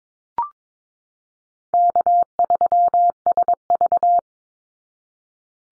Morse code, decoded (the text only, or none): K3SV